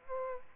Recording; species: mosquito wingbeat signal from an infrared sensor; Aedes aegypti